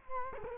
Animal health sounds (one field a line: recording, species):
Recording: mosquito wingbeat signal from an infrared sensor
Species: Culex quinquefasciatus